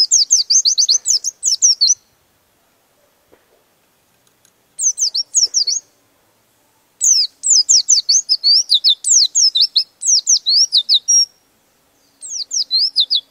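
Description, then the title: Bird: bird song in several high-pitched phrases of fast, repeated slurred chirps, separated by short silences. Master recording used for training birds. "Master Burung Jos"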